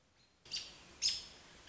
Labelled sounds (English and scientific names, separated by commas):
American Robin (Turdus migratorius)